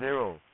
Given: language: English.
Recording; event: throat vibration sensor signal played as sound; speech